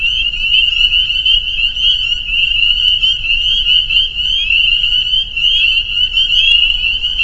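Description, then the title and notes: Spring peepers calling in a dense chorus, countless high peeps merging into a steady shrill ringing band with no pauses. Frog chorus soundscape recorded at a peeper pond on private property in northern Vermont, USA. "Peepers. a soundscape recorded at the peeper pond on our friends' property in northern Vermont"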